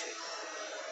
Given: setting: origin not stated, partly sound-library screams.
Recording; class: one-second piece from a danger detection set; woman in danger